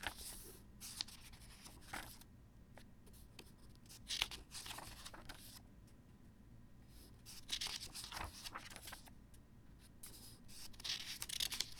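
Dry, rough pages of an old book turn and rustle in bursts of papery crinkling near 0–2, 4, 7–8 and 11 seconds, with softer handling between. A low steady hum sits underneath throughout, and the page sounds are crisp.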